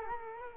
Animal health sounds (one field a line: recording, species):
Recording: mosquito wingbeat signal from an infrared sensor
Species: Culex quinquefasciatus